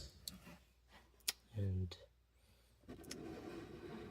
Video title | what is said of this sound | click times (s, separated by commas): How to Install LED Brake/Tail Lights on 2009-2014 Acura TSX | then you should hear a click, | 1.3 s